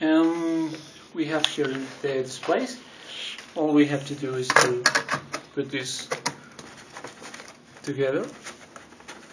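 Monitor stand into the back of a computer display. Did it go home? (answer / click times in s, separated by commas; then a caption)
no / none. Someone talks while handling the plastic stand neck and the back of a Dell S2330MX computer display, getting ready to push them together until the stand locks. A few short, light handling knocks come near 6.6, 7.3 and 8.8 seconds, but nothing has clicked or seated yet when the clip ends.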